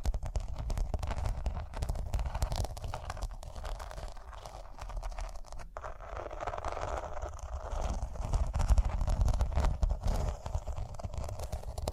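Rhinestones being tapped, scratched and brushed make a dense, continuous patter of small clicks and rubbing across the whole twelve seconds. The texture stays fairly even, with a low rumble underneath and a brief pause near six seconds before the scratching thickens again.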